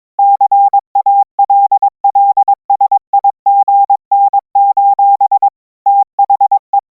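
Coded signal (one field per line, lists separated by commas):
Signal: Morse code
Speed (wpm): 22 wpm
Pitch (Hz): 800 Hz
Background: none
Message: CALLSIGN: THE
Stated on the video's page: Morse code at the start of a fictional EAS mock scenario.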